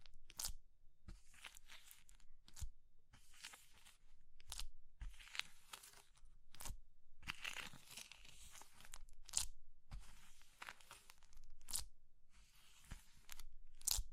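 Soft materials like soap, chalk and meringue are crushed in a dense, crackly sequence of gritty crunches and crumbling bursts. Sharp snaps punctuate it roughly every second, with louder cracks near 0.5, 6.6, 9.3 and 14 seconds, over a faint low hum.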